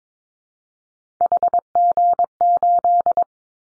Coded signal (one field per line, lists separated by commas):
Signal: Morse code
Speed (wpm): 22 wpm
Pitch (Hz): 700 Hz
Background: none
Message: HG8